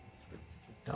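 An exterior door handle and lock cylinder piece for a 2008-2020 Dodge Grand Caravan minivan is turned the right direction and pressed down into the door, with low handling rustle beforehand. A small, sharp click at 0.9 s marks the part locking into place.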